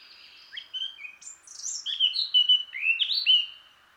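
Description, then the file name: Eurasian blackcap song: a rich warbling phrase of quick varied notes, opening softly and rising into loud clear fluted whistles near the end. "Sylvia atricapilla"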